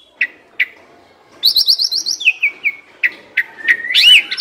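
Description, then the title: Asian pied starling song: a few isolated chirps, then a rapid trill of high notes, descending whistles and a final loud buzzy rising phrase. Training song (masteran) meant to fix birds that sing too little and are sluggish. "Masteran Jalak Suren Atasi Burung KURANG GACOR Dan LOYO"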